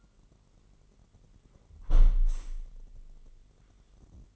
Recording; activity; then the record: daily activity, microphone in the room; close window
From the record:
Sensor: 4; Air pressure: 999.4 hPa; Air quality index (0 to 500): 119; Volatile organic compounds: 2 ppm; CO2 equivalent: 1180 ppm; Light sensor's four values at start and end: 17/41/17/19 and 17/40/17/18